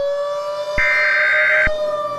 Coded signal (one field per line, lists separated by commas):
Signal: Emergency Alert System (SAME) tones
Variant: header bursts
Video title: EAS Scenario - Christmas Exchange (World War 3 Scenario)